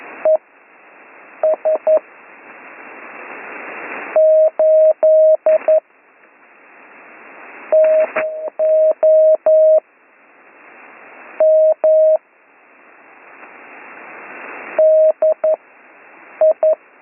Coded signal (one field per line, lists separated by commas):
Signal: Morse code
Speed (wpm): 11 wpm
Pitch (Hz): 630 Hz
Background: none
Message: E S 8 TO M D I